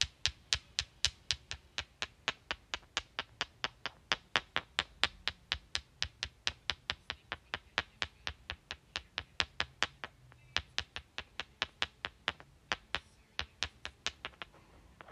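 Rocks are clicked together in a steady, even rhythm, about three or four sharp, bright knocks each second for the whole stretch. Each strike is crisp, dying away quickly, with only a faint low murmur between hits.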